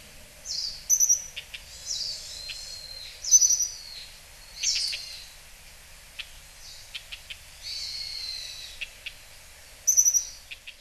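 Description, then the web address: Japanese accentor calls: thin, high-pitched chirps and short buzzy notes in irregular bursts, with brief sharp ticks between them and quiet background. Hyogo, Japan. "koe kayakuguri 0811 hyogo kaji"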